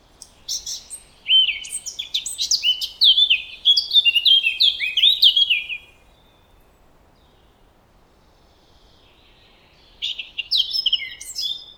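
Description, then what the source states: Blackcap song: a rapid, varied warble of whistled and scratchy notes, then a pause, then another phrase starting near the end. Varied, rapid, rushing warble, much stronger than a robin's or dunnock's; blackcaps are singing by early April.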